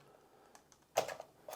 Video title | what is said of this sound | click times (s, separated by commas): Tavor 7, Full disassembly and reassembly | again it should be captured it should not get lost pull it until it clicks this should allow you to flip the door open | 1.0 s